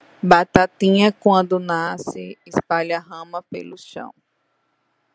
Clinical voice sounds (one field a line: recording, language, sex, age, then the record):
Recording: short text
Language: Brazilian Portuguese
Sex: female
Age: 30 to 39 years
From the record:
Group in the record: control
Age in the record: 38 years